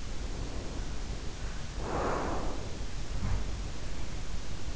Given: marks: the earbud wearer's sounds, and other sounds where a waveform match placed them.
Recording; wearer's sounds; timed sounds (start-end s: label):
sounds in sleep by an in-ear microphone; breath
0.07-3.06 s: breath
3.06-3.75 s: sound from someone else or the room